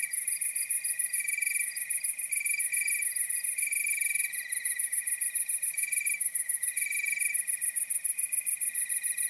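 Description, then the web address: Crickets chirping in layered high-pitched trills, short pulsed bursts starting and stopping over a continuous very high insect drone. Nocturnal wasteland soundscape at night. "Nature Chill Out 2014. Toads, Nighthawks and Crickets"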